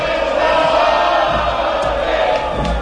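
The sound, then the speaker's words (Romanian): A large crowd roars and shouts in acclaim, a dense, sustained wall of voices with scattered higher whoops rising out of the din, loud and continuous throughout. “Ce strigătul acesta?”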